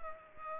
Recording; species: mosquito wingbeat signal from an infrared sensor; Culex pipiens